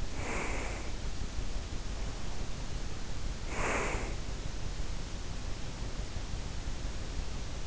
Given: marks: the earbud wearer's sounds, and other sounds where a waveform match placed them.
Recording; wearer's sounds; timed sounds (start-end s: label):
sounds in sleep by an in-ear microphone; breath
0.00-1.13 s: breath
1.75-4.32 s: breath